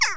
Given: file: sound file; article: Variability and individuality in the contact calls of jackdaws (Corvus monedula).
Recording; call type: jackdaw call; harmonic